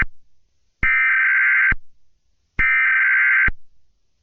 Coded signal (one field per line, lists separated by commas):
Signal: Emergency Alert System (SAME) tones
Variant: header bursts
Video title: EAS Scenario: The Marathon Fire